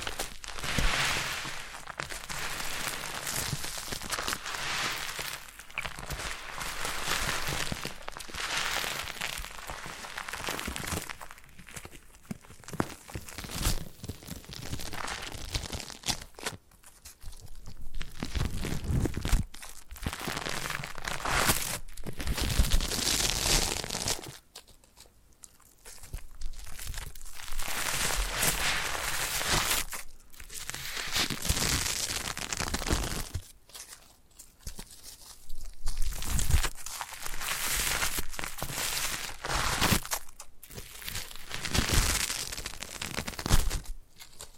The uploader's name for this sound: Foam Massage